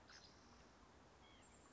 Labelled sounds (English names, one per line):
White-breasted Nuthatch